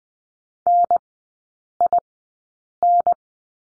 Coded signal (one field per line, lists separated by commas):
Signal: Morse code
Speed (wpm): 20 wpm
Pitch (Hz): 700 Hz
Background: none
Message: NIN